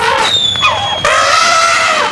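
fireworks

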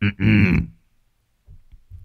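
man clearing his throat

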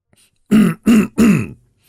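man clearing his throat

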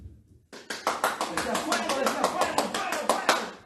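hand clapping

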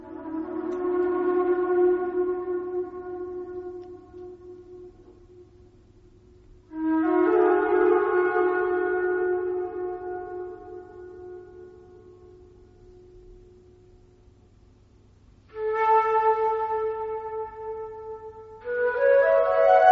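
flute playing

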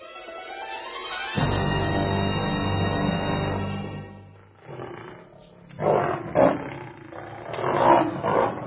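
lion roaring

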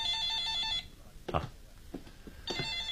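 telephone ringing

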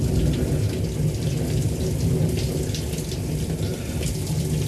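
shower running

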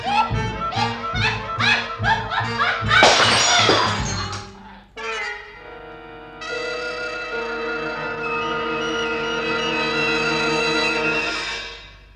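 glass bottle shattering

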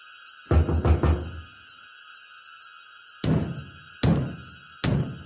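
knocking on a door

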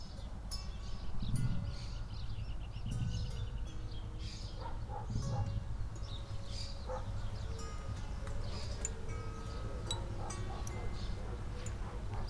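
pigeons cooing

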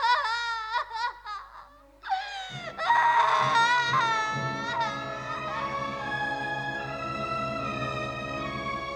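child sobbing

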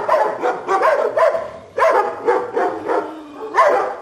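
dogs barking

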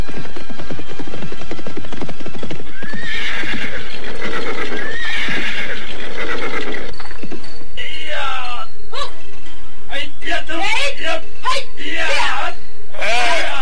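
horses galloping and neighing

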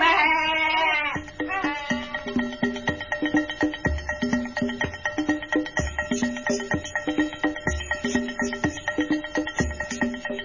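goat bleating

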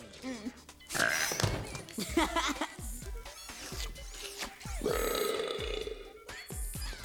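burping

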